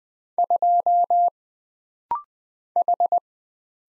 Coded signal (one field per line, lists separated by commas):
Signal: Morse code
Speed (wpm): 20 wpm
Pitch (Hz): 700 Hz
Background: none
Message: 2 H